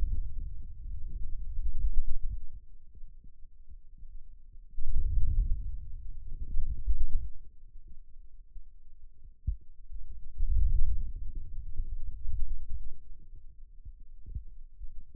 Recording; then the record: forearm muscle sounds (acoustic myography)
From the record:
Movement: wrist extension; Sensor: system 2, bracelet of six BSWA MPA416 microphones around the upper forearm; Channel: 1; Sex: male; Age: 22 years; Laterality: right